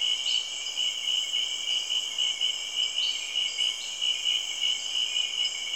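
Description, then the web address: Steady shrill insect trilling, a few quick upward chirps scattered through it. Recorded in Cameroon, Africa. "BBC Sound Effects Library BBC 30-Africa - Natural World Cameroun, Insects And Frogs"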